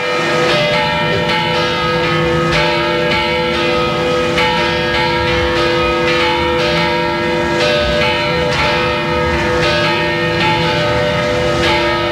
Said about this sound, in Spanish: Están sonando seis campanas, entre ellas una gótica que es única en la provincia.